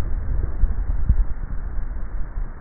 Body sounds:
swallowing sounds by neck microphone; 1
0.69-1.36 s: swallow
From the record:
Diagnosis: dysphagia

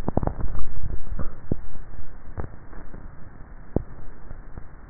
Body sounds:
swallowing sounds by neck microphone; 1
0.36-1.23 s: swallow
From the record:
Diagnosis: dysphagia

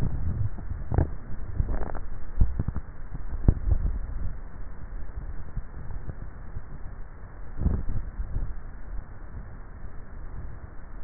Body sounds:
swallowing sounds by neck microphone; 2
3.35-4.25 s: swallow
7.72-8.45 s: swallow
From the record:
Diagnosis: dysphagia

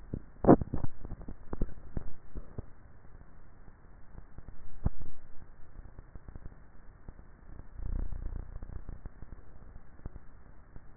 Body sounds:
swallowing sounds by neck microphone; 1
1.55-2.12 s: swallow
From the record:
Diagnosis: dysphagia

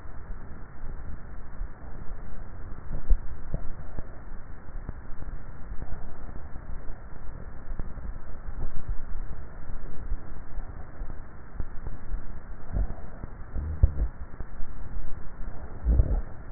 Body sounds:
swallowing sounds by neck microphone; 2
3.05-3.62 s: swallow
8.75-9.32 s: swallow
From the record:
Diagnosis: dysphagia

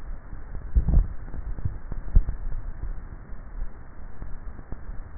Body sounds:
swallowing sounds by neck microphone; 2
0.62-1.52 s: swallow
2.15-2.88 s: swallow
From the record:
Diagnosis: dysphagia

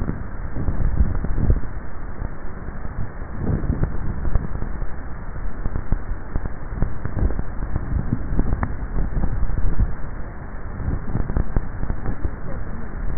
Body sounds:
swallowing sounds by neck microphone; 2
0.78-1.68 s: swallow
9.18-9.95 s: swallow
From the record:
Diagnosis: dysphagia

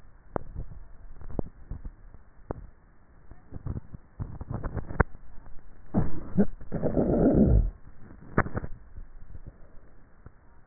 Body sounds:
swallowing sounds by neck microphone; 2
0.32-1.38 s: swallow
8.55-9.35 s: swallow
From the record:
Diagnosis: dysphagia

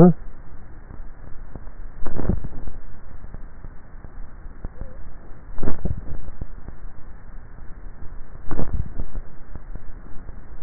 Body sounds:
swallowing sounds by neck microphone; 3
2.15-2.95 s: swallow
5.68-6.42 s: swallow
8.58-9.28 s: swallow
From the record:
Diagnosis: dysphagia

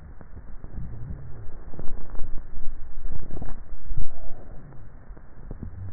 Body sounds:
swallowing sounds by neck microphone; 1
3.18-4.78 s: swallow
From the record:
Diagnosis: dysphagia

